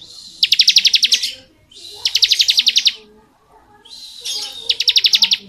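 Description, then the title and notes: Bar-winged prinia song with three quick, buzzy pulsed bursts, each about a second long, rising in from a softer hiss. Bar-winged prinia singing in the 'ngebren' style; recording used as training (masteran) audio for white-rumped shamas (murai batu). "Ciblek Ngebren Untuk Masteran Murai Batu. Suara burung ciblek - Suara Nada"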